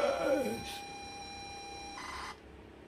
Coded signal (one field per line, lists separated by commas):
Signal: ZX Spectrum tape loading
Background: speech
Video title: The woes of loading from tape.